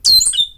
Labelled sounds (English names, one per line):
Stitchbird song